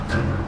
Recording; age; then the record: pig call; growing-finishing pig (85 days or more)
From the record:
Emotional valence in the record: positive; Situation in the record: run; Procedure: transit